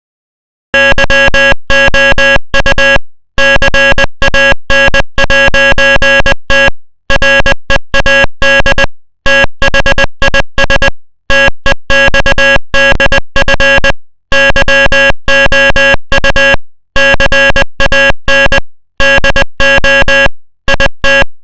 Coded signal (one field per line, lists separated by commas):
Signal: Morse code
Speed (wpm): 20 wpm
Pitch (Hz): 1650 Hz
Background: music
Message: YOU CAN'T READ THIS TEXDF YOU CAN DO IT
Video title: this video is made of morse code